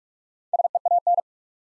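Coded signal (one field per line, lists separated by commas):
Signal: Morse code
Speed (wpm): 42 wpm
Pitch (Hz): 700 Hz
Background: none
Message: SEAN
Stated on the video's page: Head-copy drill of common US names up to four letters at 45 wpm, each sent in Morse, spoken, then sent again.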